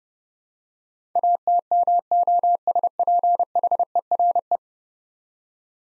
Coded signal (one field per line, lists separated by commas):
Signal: Morse code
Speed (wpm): 30 wpm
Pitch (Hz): 700 Hz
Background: none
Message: ATMOSPHERE